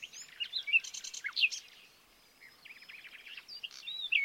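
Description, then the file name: Common nightingale song of varied chirps, buzzy trills and sharp whistles, a brief lull midway, then a rattling phrase and bright whistled notes. "Luscinia megarhynchos"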